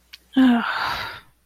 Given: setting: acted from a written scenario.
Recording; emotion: vocal sound without words; shame